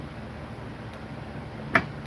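A torque converter on a Ford Edge 3.5 V6 is spun further on the transmission until its second click, when it drops fully into the transmission fluid pump. Over a low, steady background hum, a sharp click sounds at 1.8 s, followed by a faint tap near 2.1 s. The converter is fully seated and the pump is engaged.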